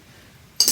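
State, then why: Seated. A garage door opener rail piece is slid over the adjoining first rail section and pushed all the way on, against a quiet background. At 0.6 s there is a sharp metallic snap, followed by a brief louder rattle that fades out. The rail piece snaps into place and is seated.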